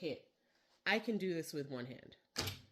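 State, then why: Seated. Someone talks while the top frame of a Mighty Hoop magnetic embroidery hoop is dropped with one hand onto its base over the fabric and stabilizer. It lands with a single sharp thunk at 2.4 s, and the hoop is seated.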